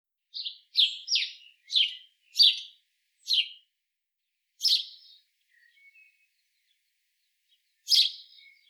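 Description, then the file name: House sparrow giving a quick run of short, scratchy chirps, then a pause with faint twitters and one final loud chirp; no other sounds. "Passer domesticus"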